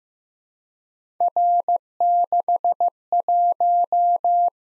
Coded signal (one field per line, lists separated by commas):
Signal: Morse code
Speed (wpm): 15 wpm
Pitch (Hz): 700 Hz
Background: none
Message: R61